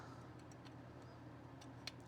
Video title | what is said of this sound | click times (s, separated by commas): Agora Models 007 Aston Martin DB5 from James Bond No Time To Die 1:8 scale diecast pack 2 build | nice click into place, and then one more of those DS25 screws in there, and we'll be right back. | 1.9 s